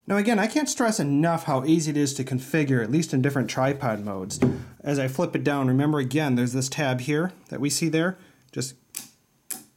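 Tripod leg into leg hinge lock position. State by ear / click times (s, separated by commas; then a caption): seated / 9.5 s. A Sony Multipod VCT-MP1 tripod leg is flipped down using its locking tab and snaps into its detent position on the leg hinge. Someone talks for most of the clip, then a few sharp clicks follow, the loudest at 9.5 s as the leg locks into place.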